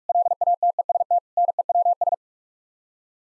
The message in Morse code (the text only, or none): LATEST NEWS